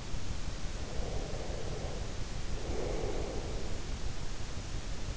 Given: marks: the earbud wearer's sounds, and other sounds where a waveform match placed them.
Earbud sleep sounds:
sounds in sleep by an in-ear microphone; breath
0.73-4.09 s: breath

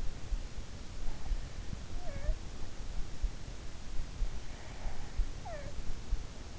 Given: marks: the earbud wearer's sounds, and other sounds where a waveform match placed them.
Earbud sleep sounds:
sounds in sleep by an in-ear microphone; snoring breath
1.43-2.39 s: snoring breath
4.76-5.79 s: snoring breath

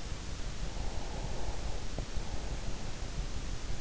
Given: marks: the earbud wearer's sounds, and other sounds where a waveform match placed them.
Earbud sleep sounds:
sounds in sleep by an in-ear microphone; breath
0.61-3.02 s: breath

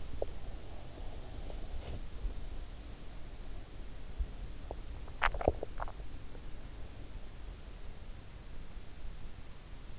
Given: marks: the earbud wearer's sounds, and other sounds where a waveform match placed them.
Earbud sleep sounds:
sounds in sleep by an in-ear microphone; teeth grinding, breath, swallowing
0.00-0.32 s: teeth grinding
0.44-2.31 s: breath
4.21-6.94 s: swallowing

